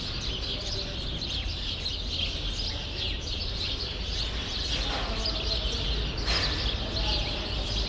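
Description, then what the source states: Sparrow chorus of rapid, overlapping chirps, with one louder burst of sound near the end and a faint low hum. Sparrows in a grove at Rue Saint-Jean Népomucène 13, Brussels, Belgium, recorded with Earsight V2 AB microphones into a Mixpre-3.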